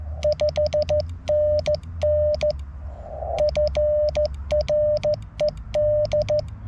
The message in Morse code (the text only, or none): 5NN FRED